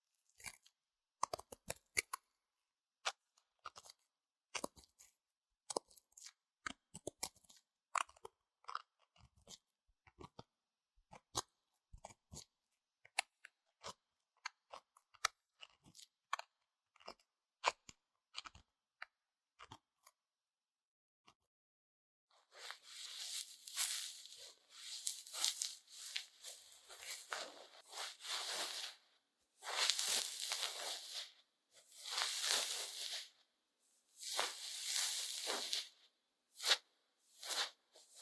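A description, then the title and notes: Ear cleaning sounds: for the first twenty seconds, sharp crackling clicks and scratches come in quick irregular bursts. After a brief pause, longer bright rustling swipes take over, repeating every couple of seconds with short gaps until the end. 台灣ASMR | 掏穿你的耳朵 | 耳掃除 | Ear Cleaning | NO Talking.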